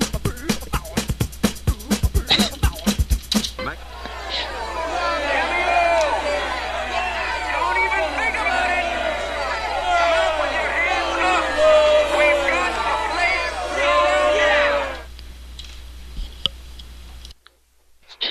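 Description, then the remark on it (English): A burst of rapid clicking gives way to a loud crowd booing, many overlapping voices jeering steadily for about eleven seconds before abruptly cutting off. “has not been booed that much since he tried to check out a library book from a haunted mansion.”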